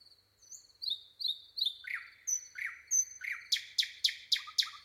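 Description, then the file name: Common nightingale song: soft whistles, then a loud series of sharp repeated notes building into rapid emphatic notes. "Luscinia megarhynchos"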